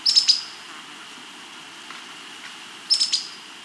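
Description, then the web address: Long-tailed antbird giving brief clusters of sharp, high, rapid notes at the start and again near the end, with a steady faint hiss between them. Andean bird; Andes, South America. "S America Andean Birds. Long-Tailed Antbird (Drymophila Caudata)"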